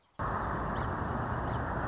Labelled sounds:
Song Sparrow
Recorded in Sonoma County, California

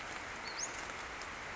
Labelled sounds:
Western Flycatcher
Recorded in Sonoma County, California

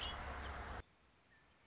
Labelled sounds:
Red-winged Blackbird
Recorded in Sonoma County, California

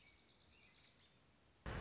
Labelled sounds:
Dark-eyed Junco
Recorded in Sonoma County, California

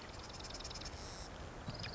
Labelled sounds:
Marsh Wren
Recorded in Sonoma County, California

